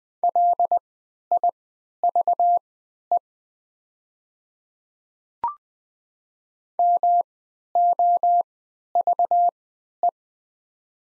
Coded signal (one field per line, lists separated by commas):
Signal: Morse code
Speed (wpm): 20 wpm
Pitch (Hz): 700 Hz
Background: none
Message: LIVE MOVE